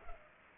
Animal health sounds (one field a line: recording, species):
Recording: mosquito wingbeat signal from an infrared sensor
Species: Culex pipiens